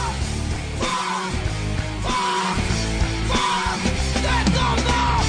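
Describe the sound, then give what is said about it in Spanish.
A loud, dense rock track with harsh, raspy screamed vocals over heavy distorted guitars and pounding drums, the shouted lines recurring in bursts roughly every second. “No, no hay que tener, ya arrancan afónicos. Vienen gritando así por el camino.”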